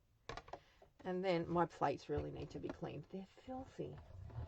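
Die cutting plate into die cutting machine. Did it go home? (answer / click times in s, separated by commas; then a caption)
yes / 0.3 s. A plastic die cutting plate is put back onto a die cutting and embossing machine and clicks into place with a sharp plastic click at 0.3 s, followed by a few quick lighter ticks. Someone then talks, saying the plates are dirty and need cleaning.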